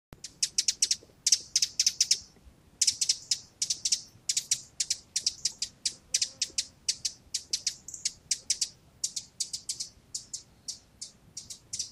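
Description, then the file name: Eurasian wren calling with loud, hard ticking notes in a fast, ratchet-like series, broken by brief pauses, over faint background hiss. "Troglodytes troglodytes"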